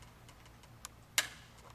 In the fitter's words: you'll hear that click but notice my fingers have an indentation now on it